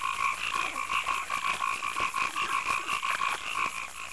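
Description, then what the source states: Frog chorus of rapid pulsed croaks. Night marsh and swamp ambience.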